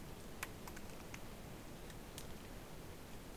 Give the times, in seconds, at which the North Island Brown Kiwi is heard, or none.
none